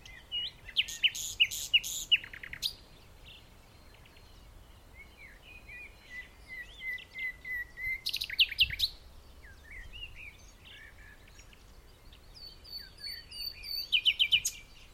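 A nightingale sings in loud bursts of rapid, bright trills and clicks, with softer whistled notes in between, over a low outdoor rumble.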